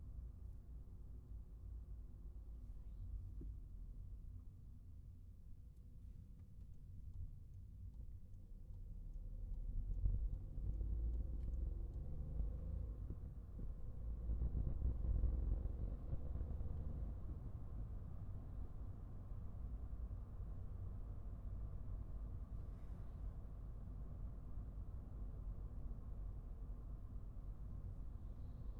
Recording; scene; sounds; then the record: everyday scene through a hearing-aid microphone; in a vehicle; engine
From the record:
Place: Skoda Fabia, gasoline engine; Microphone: behind the ear, right, rear